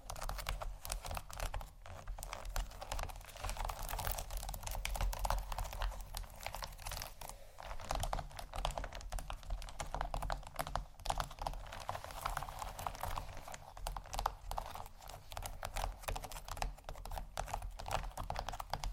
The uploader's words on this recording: ASMR 4 Textured Bags 1 Hour（No Talking）.